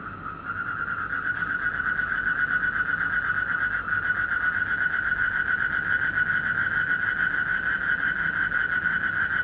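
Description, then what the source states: Frog beginning a pulsed trill after half a second and keeping it up steadily to the end. Recorded in Indonesia in 2012, during travel.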